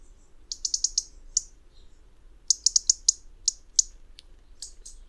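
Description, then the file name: European robin repeating dry, sharp high-pitched ticks in rapid clusters separated by short pauses, above quiet low background noise. "Erithacus rubecula"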